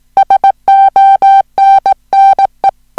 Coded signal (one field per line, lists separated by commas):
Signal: Morse code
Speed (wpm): 18 wpm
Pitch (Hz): 780 Hz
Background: music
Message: SONNE